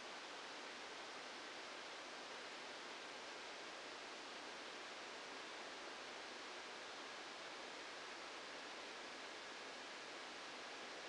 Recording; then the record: brain microelectrode recording played as sound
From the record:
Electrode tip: outside the subthalamic nucleus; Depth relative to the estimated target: -4 mm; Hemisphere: left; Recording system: NeuroSet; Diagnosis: Parkinson's disease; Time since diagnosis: 14 years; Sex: male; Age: 51 years